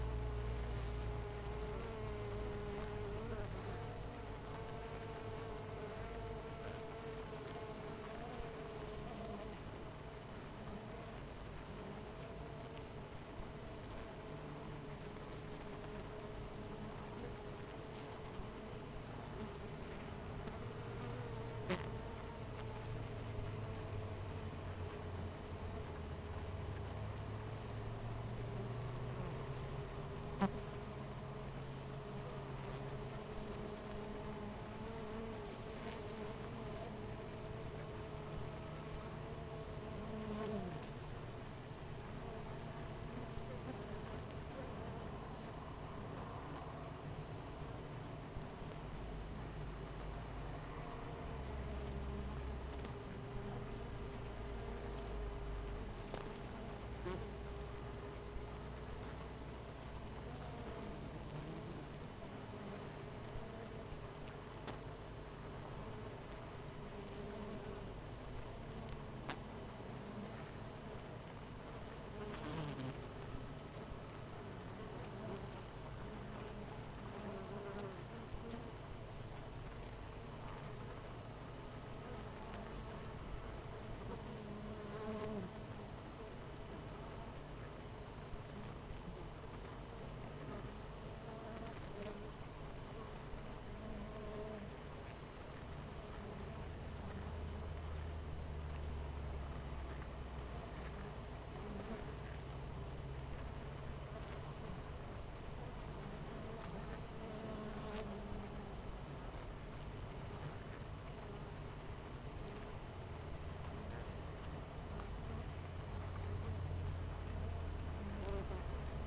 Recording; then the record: honeybee colony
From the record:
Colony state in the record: missing queen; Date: 14 July 2017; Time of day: 9:00